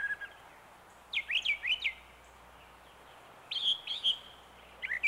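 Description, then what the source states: Brown thrasher song: bursts of sharp, slurred whistled notes in quick groups of a few, then a pause and another group. Cousin of the mockingbird.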